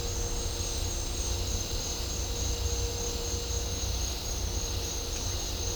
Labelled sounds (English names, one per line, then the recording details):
none
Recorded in dense forest near Puerto Asís, Putumayo, Colombia, on 18 December 2024 at 08:00
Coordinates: 0.503, -76.323
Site G043